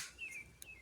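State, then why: Released. The tamper seal on the lid of a new, unopened spice tin is plucked open, giving a single sharp click at 0.6 s. The click rises above a quiet background with faint high-pitched tones, and the seal is released.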